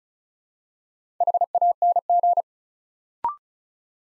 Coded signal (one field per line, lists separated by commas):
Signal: Morse code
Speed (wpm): 36 wpm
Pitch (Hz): 700 Hz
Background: none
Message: HANG